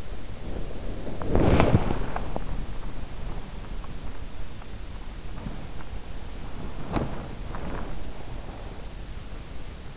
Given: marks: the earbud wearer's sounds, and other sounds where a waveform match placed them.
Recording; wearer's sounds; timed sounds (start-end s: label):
sounds in sleep by an in-ear microphone; body movement
0.00-9.05 s: body movement